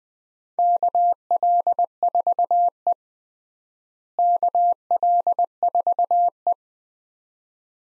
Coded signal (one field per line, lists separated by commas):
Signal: Morse code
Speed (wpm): 20 wpm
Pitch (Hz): 700 Hz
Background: none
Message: KL4E KL4E